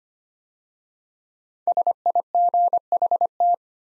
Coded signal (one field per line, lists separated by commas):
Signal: Morse code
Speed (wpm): 25 wpm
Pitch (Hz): 700 Hz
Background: none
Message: SIGHT